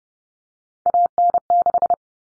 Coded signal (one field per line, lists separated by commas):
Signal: Morse code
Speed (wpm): 30 wpm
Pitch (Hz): 700 Hz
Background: none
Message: AN6